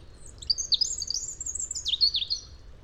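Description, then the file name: European robin song: one thin, high warbled phrase of sliding whistles and quick twiddles, dipping and rising, lasting about two seconds over faint low background hum. "Erithacus rubecula"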